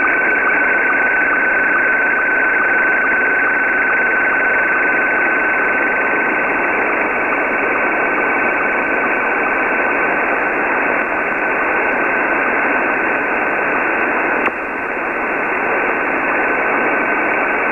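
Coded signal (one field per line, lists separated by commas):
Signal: SSTV (slow-scan television)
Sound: steady whistle-like tone in hiss with regular short low blips, slight warbling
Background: radio static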